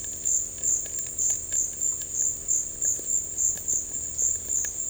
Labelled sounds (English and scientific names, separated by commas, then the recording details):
none
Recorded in dense forest near Puerto Asís, Putumayo, Colombia, on 19 March 2025 at 16:00
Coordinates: 0.484, -76.317
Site G064